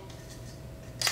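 KVD by Mustad braid shears are being pushed back into their plastic lanyard sheath. Faint low rustling and handling noise runs under a steady low hum, then a sharp, bright burst of contact noise comes in at about 1.0 s and lasts to the end. Nothing has seated or clicked home yet.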